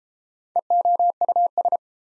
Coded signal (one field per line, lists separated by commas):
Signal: Morse code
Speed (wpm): 32 wpm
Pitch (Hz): 700 Hz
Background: none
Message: EOUS